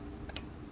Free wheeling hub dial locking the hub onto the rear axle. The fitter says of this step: I turn that to there you hear that click in and lock